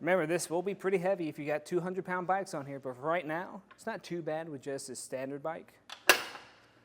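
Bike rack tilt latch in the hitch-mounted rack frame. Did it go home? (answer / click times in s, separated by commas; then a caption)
yes / 6.1 s. Someone talks while lowering a metal hitch-mounted Saris MHS DUO bike rack, carrying a standard bike, on a 2024 Jeep Grand Wagoneer L into its seated position. The rack's pivot tilt latch engages with a sharp click at 6.1 s, showing the rack is down and seated.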